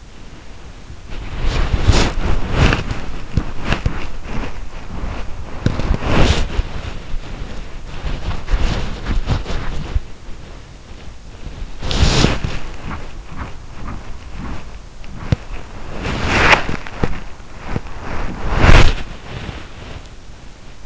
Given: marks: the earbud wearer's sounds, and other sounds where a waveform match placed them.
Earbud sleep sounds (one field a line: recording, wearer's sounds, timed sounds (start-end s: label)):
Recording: sounds in sleep by an in-ear microphone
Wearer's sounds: body movement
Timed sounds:
0.00-20.86 s: body movement